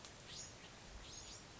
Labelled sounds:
Bewick's Wren (Thryomanes bewickii)
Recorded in Sonoma County, California

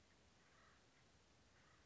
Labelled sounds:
Acorn Woodpecker (Melanerpes formicivorus)
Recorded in Sonoma County, California

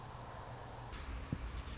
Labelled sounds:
Anna's Hummingbird (Calypte anna)
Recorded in Sonoma County, California

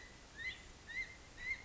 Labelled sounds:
California Quail (Callipepla californica)
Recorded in Sonoma County, California

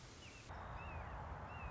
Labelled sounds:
Red-shouldered Hawk (Buteo lineatus)
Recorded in Sonoma County, California

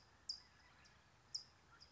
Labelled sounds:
California Towhee (Melozone crissalis)
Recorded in Sonoma County, California

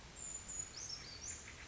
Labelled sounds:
Brown Creeper (Certhia americana)
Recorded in Sonoma County, California

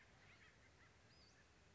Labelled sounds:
Western Flycatcher (Empidonax difficilis)
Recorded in Sonoma County, California

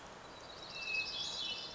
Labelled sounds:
Hermit Thrush (Catharus guttatus)
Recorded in Sonoma County, California

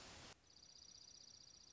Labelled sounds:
Dark-eyed Junco (Junco hyemalis)
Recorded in Sonoma County, California

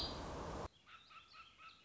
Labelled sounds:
Warbling Vireo (Vireo gilvus)
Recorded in Sonoma County, California

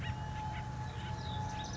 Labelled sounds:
Acorn Woodpecker (Melanerpes formicivorus)
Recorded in Sonoma County, California

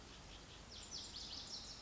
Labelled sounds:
Lazuli Bunting (Passerina amoena)
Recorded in Sonoma County, California

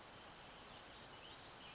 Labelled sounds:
Western Flycatcher (Empidonax difficilis)
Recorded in Sonoma County, California

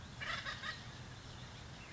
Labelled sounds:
Acorn Woodpecker (Melanerpes formicivorus)
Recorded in Sonoma County, California

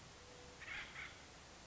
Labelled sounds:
Acorn Woodpecker (Melanerpes formicivorus)
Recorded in Sonoma County, California

